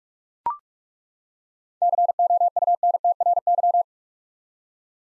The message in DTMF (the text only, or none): none